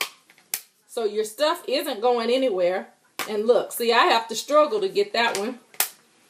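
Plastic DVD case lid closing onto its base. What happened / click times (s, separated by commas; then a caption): The plastic case lid snapped shut / 0.0 s, 0.5 s. A homemade plastic DVD-case palette has its lid snapped shut onto its base, with loud, sharp clicks at 0.0 s and 0.5 s. Someone then talks, and another sharp click comes near 5.8 s. The lid is seated and held shut.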